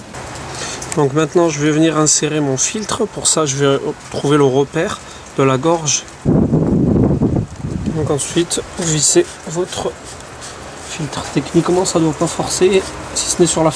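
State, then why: Not seated. Someone talks while an oil filter assembly is lined up with the groove mark on the engine's filter housing, before being screwed in, during an engine oil change on a Peugeot 207/206 or Citroën C3 1.4 HDi. Around 6.2–7.5 s a broad rustling handling noise ends in a short sharp sound at about 7.4 s, and the talking then resumes. The filter has not seated or clicked yet.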